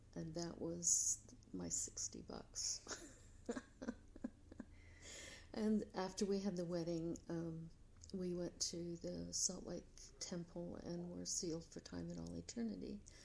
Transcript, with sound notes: That was my sixty bucks. [laugh] After we had the wedding we went to the Salt Lake Temple and were sealed for time and all eternity